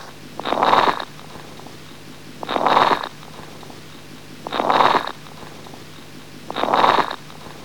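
Crackles heard over an adult's lungs through a stethoscope.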